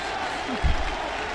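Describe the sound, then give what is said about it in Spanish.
A brief burst of applause, a steady wash of clapping from a small group lasting just over a second, with a low thump partway through. “Si le crees, un aplauso.”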